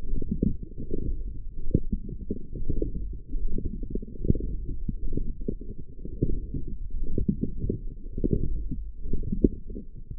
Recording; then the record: forearm muscle sounds (acoustic myography)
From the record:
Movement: forearm pronation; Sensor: system 1, eight BSWA MPA416 microphones around the upper forearm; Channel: 8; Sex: female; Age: 22 years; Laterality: right